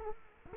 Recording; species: mosquito wingbeat signal from an infrared sensor; Culex quinquefasciatus